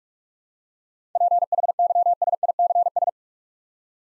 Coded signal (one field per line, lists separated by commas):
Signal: Morse code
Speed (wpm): 44 wpm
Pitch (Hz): 700 Hz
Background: none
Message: PHYSICS